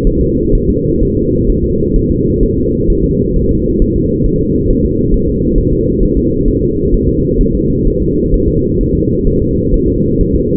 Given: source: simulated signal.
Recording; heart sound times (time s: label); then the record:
fetal heart sounds
0.07 s: S1
0.21 s: S2
0.55 s: S1
0.70 s: S2
1.03 s: S1
1.17 s: S2
1.50 s: S1
1.64 s: S2
1.96 s: S1
2.11 s: S2
2.43 s: S1
2.58 s: S2
2.90 s: S1
3.04 s: S2
3.36 s: S1
3.51 s: S2
3.82 s: S1
3.96 s: S2
4.26 s: S1
4.41 s: S2
4.70 s: S1
4.85 s: S2
5.14 s: S1
5.29 s: S2
5.58 s: S1
5.73 s: S2
6.03 s: S1
6.17 s: S2
6.48 s: S1
6.63 s: S2
6.94 s: S1
7.09 s: S2
7.41 s: S1
7.55 s: S2
7.88 s: S1
8.02 s: S2
8.34 s: S1
8.48 s: S2
8.81 s: S1
8.95 s: S2
9.27 s: S1
9.42 s: S2
9.74 s: S1
9.88 s: S2
10.21 s: S1
10.35 s: S2
From the record:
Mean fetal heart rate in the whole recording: 130 bpm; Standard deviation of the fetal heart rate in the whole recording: 4 bpm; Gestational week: 38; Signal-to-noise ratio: -10.2 dB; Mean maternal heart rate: 72 bpm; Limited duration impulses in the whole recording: present